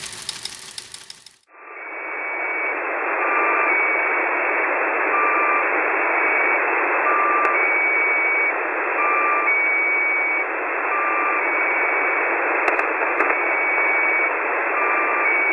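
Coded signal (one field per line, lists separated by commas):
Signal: channel marker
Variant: Squeaky Wheel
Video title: The Squeaky Wheel at 3828.00 kHz via Utwente Web SDR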